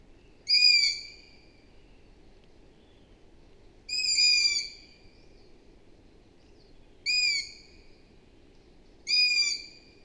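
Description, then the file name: Long-eared owl making thin, squealing calls, four in ten seconds, each short, with faint background noise. "Hibou moyen-duc - Asio otus"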